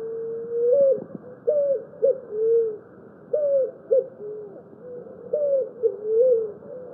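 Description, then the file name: Picazuro pigeon song, deep coos in short phrases, each opening with short rising notes and ending in a longer drawn-out coo, repeated several times. "canto do pombao"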